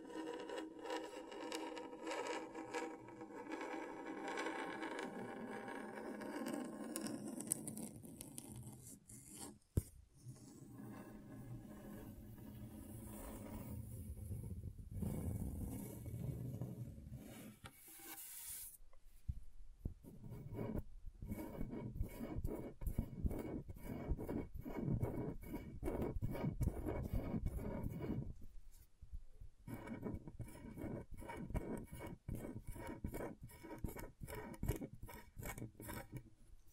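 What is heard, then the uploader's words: Scratchboard being worked with steady rough scraping and rubbing, gritty and dense through the first half. After a sharp break near 19 seconds the strokes turn into fast, regular rasping pulses, like quick back-and-forth filing, with short pauses around 10 and 29 seconds. ASMR Brain Tingling Scratchboard (No Talking).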